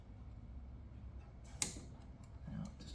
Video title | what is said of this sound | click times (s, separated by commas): How to Fix a Seized Engine on a Kimco Vibe - Step-by-Step Repair | that was again a really nice definitive snap | 1.6 s